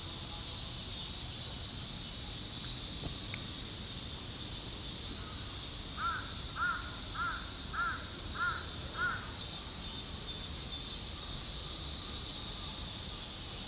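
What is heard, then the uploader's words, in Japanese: Cicadas drone in a dense, steady, high-pitched hiss that never lets up, with a soft low rustle of moving trees underneath. Between about six and nine seconds, a short run of six evenly spaced chirps rises briefly above the chorus. 夏の音（Binaural）- Summer Sound。セミの鳴き声や木々の揺れる音、室内でも夏を感じられるような音を今回もバイノーラルで録りました。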